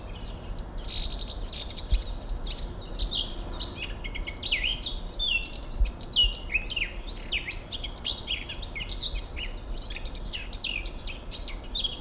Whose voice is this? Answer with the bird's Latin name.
Sylvia atricapilla